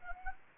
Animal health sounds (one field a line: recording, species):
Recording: mosquito wingbeat signal from an infrared sensor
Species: Anopheles arabiensis